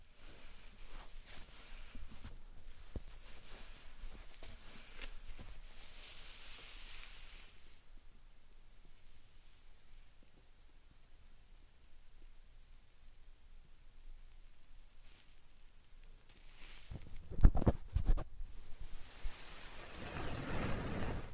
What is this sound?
Satisfying Slime Sand Triggers